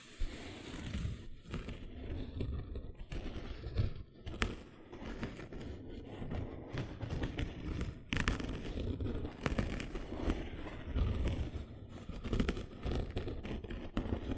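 Gentle scratching runs throughout, a dense, uneven rustle weighted toward the low and middle range. Sharper, brighter scrapes break through every second or two, notably around 4 and 8 seconds. Short quieter dips interrupt the otherwise steady texture.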